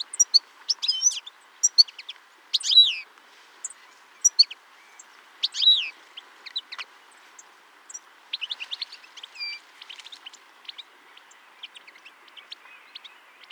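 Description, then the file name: European goldfinch calls: sharp, tinkling notes and liquid twitters, louder bursts in the first seconds, then a quicker run of thin chirps, with faint background hiss. "Carduelis carduelis"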